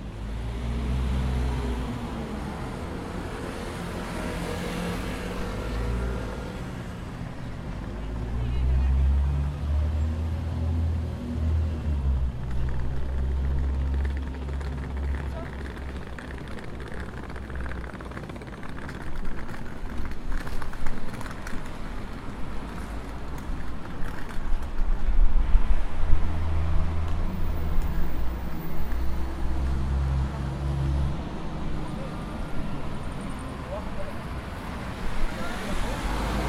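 Engines idle and rumble at a bus station lane, with deep low throbbing that swells around 9–12 seconds and again near 25–30 seconds as vehicles pull in or move off. Voices murmur intermittently beneath a constant hum, and scattered clicks and rattles sharpen toward the end.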